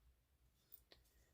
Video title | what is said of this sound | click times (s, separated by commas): Transformers Netflix WFC Decepticon Scrapface review | 180 the waist around. You'll feel it lock into place when you get there. | 0.7 s, 0.9 s